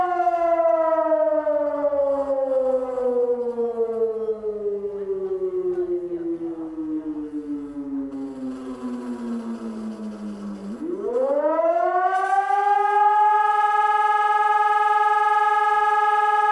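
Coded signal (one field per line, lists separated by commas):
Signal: siren signal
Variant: Hörmann ECI 1200 electronic siren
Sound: loud harmonic siren wail falling slowly in pitch, then rising back to a steady tone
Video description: Monatliche Sirenenprobe der Feuerwehrsirenen in Bad Honnef am 26.08.2017 um 12 Uhr mit dem Signal "Feueralarm".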